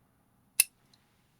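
After the slider unlatches, the blade carrier of an 18 mm utility knife shoots forward inside its metal handle with a loud, sharp snap at 0.6 s, followed by a faint tick at 0.9 s. The blade is released and snaps out, something that could happen in a pocket.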